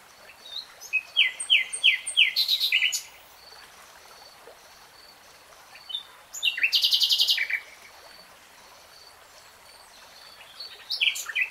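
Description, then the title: Nightingale song: a fast run of repeated rich notes, a pause, then a brief loud rapid trill, with another phrase starting at the end; a faint thin high tone persists behind. Nightingale singing in real time. "[Tiếng chim hót] 3 Hours REALTIME Nightingale Singing"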